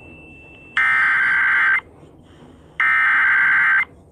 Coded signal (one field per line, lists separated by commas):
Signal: Emergency Alert System (SAME) tones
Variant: header bursts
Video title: WJMJ EAS Flash Flooding Warning for 2 CT and Worcester counties, 09-01-2021 9:37 PM